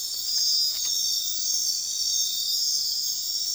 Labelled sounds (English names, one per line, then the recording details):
none
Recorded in dense forest near Puerto Asís, Putumayo, Colombia, on 21 February 2024 at 02:00
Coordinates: 0.466, -76.327
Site G6413